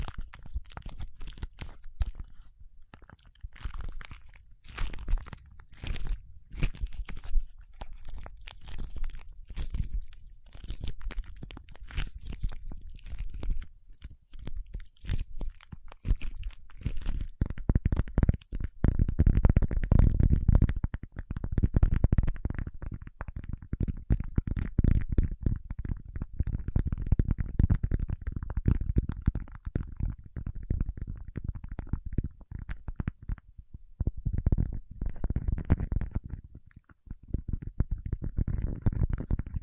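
Paraffin wax peeled, tapped and scratched: sharp crisp clicks early, then dense low crunching and scraping that rises and continues, briefly pausing near 34 seconds.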